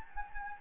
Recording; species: mosquito wingbeat signal from an infrared sensor; Anopheles gambiae